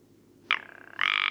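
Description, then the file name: Rock ptarmigan uttering a short croaking note, then a loud, steady rattling call with fast pulses that carries on to the end. Recorded at Karwendelspitze on 6 July 2014. "Alpenschneehuhn. Karwendelspitze. Michle Pron"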